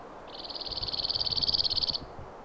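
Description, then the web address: Cirl bunting song: a dry, rattling trill of rapid identical notes on one even pitch, lasting under two seconds, with faint low rumble underneath. "birdify Emberiza cirlus"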